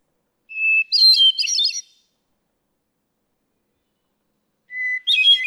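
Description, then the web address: Hermit thrush song phrases: a long clear whistle, then a quick ethereal jumble of flute-like notes; a second phrase on a lower opening note begins near the end. "birdsongforthecurious songs Hermit Thrush"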